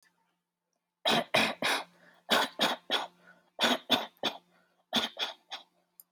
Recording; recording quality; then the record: shallow voluntary cough; excellent, no background noise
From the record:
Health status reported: healthy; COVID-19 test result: not tested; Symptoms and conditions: none ticked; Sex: female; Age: 30 years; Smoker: not ticked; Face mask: not worn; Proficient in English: yes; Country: United States